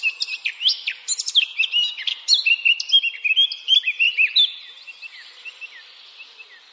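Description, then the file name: Eurasian blackcap song: chattering warble that turns into loud, clear fluty phrases, then softens into thin fading notes. "Sylvia atricapilla"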